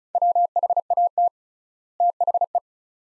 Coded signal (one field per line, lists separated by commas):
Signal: Morse code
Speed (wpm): 34 wpm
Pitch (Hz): 700 Hz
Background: none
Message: WHAT THE